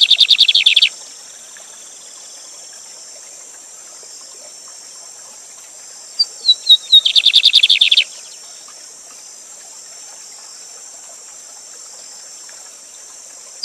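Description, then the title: Lined seedeater song, a burst of buzzy trilled notes that comes twice with a long pause between, accompanied by a steady high hiss. Teacher bird (professor de canto) named Gavião Negro, singing live with a waterfall. "Bigode Gavião Negro Professor De Canto Cantando Ao Vivo Com Cascata"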